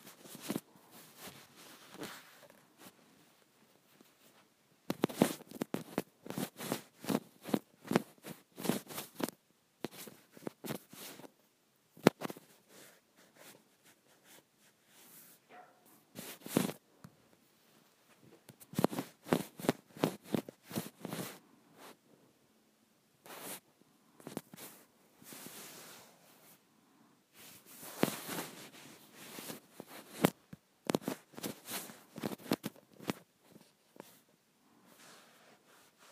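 Acrylic nails tapping and scratching in quick bursts of sharp, bright clicks, each run lasting a few seconds before a short pause. The busiest clusters come around 5, 17–21 and 28–31 seconds, with quieter, sparser taps between them.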